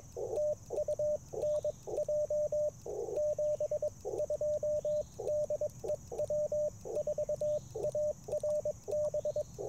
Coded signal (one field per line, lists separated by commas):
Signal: Morse code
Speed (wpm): 22 wpm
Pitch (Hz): 600 Hz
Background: radio noise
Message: TU NJ 72 DE W4ARB